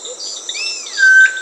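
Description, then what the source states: Solitary Cacique call: an arching whistled note, then a steady, pure whistle held briefly, over a constant high-pitched insect drone. Recorded in South America.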